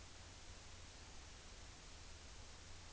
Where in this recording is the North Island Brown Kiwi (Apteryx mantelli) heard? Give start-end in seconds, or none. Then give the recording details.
none. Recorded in New Zealand on 29 April 2013. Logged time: 02:19